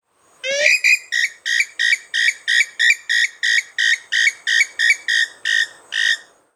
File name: pollo sultano